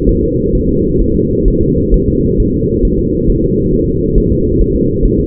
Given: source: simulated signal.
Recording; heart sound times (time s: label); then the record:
fetal heart sounds
0.09 s: S1
0.23 s: S2
0.55 s: S1
0.69 s: S2
1.02 s: S1
1.16 s: S2
1.48 s: S1
1.62 s: S2
1.94 s: S1
2.08 s: S2
2.40 s: S1
2.54 s: S2
2.85 s: S1
2.99 s: S2
3.30 s: S1
3.44 s: S2
3.74 s: S1
3.88 s: S2
4.18 s: S1
4.32 s: S2
4.62 s: S1
4.76 s: S2
5.05 s: S1
5.20 s: S2
From the record:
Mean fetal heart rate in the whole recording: 135 bpm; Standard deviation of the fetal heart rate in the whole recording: 3 bpm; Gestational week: 36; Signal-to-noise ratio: -10.2 dB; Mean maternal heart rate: 72 bpm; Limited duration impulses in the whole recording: present